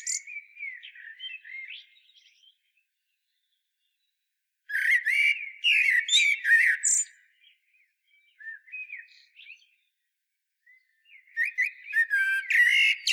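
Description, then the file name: Common blackbird song in several phrases mixing mellow low whistles with strident high twitters and squeaks, separated by pauses. "Turdus merula"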